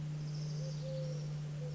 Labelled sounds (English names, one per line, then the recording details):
Eurasian Collared Dove
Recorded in Sonoma County, California